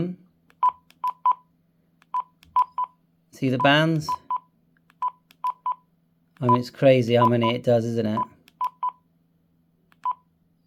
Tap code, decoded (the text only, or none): none